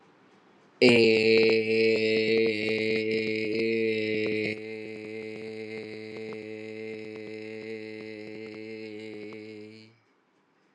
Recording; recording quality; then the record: sustained vowel as in made; excellent, no background noise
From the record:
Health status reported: exposed to COVID-19, no respiratory illness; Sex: male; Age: 29 years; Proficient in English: yes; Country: India